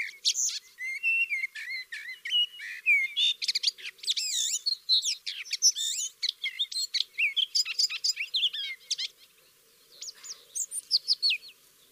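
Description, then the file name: Eurasian blackcap sings a lively, varied warble of twisting whistles and clicks for about nine seconds, then a brief lull before a few more bright notes. "Sylvia atricapilla"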